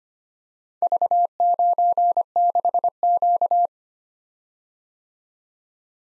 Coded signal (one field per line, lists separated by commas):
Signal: Morse code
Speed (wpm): 25 wpm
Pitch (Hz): 700 Hz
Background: none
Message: V96Q